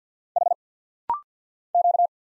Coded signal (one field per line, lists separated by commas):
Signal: Morse code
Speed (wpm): 50 wpm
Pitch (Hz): 700 Hz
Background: none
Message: H Q